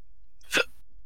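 A single short, explosive burst of noise lasting about a tenth of a second, against a quiet room with a faint low hum. It is one stifled sneeze from an adult, with no repeats or cough afterward.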